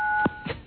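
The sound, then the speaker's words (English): A single steady electronic text phone tone, two pitches held together for about a quarter second, then cut off and followed by a couple of soft, brief muffled bursts. “That's a text phone, is it?”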